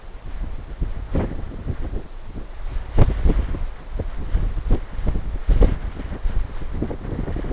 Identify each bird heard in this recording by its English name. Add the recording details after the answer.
none. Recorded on Arctic tundra, site NAIT-1, on 21 June 2018. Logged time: 17:00